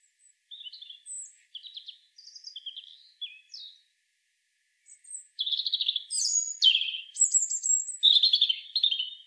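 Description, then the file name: European robin singing: brief varied warbled snippets and trills in the first half, then a loud, rich stream of high sliding whistles and rapid twittering. "Erithacus rubecula"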